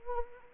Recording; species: mosquito wingbeat signal from an infrared sensor; Anopheles arabiensis